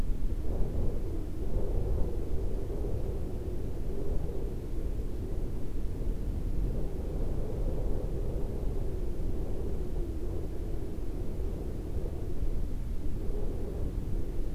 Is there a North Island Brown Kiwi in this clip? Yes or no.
no